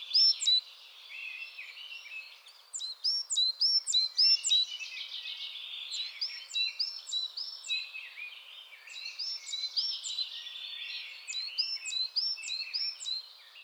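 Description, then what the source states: Coal tit chattering, dense runs of high, thin, slurred notes mixed with buzzy chatter, continuing almost without pause. Chattering (bavarde) calls.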